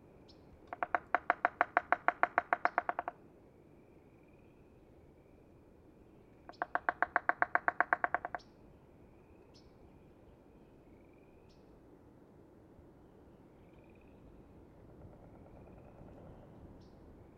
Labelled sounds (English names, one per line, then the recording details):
American Three-toed Woodpecker drumming
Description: American Three-toed Woodpecker drum recorded at the Beaver Ponds in Rocky Mountain National Park
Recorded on 30 May 2017